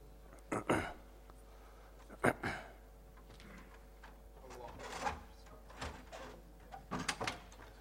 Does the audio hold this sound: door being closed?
yes